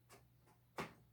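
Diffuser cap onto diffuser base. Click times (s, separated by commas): 0.8 s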